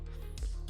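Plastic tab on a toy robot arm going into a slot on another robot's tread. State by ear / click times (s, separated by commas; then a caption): not seated / none. A plastic tab on a toy robot arm is pushed into a slot on another robot's tread of a combining figure, giving a short sharp sound at about 0.4 s and a softer one near 0.7 s over a steady background hum. The tab does not lock and pops back apart almost immediately, so nothing has seated or clicked yet.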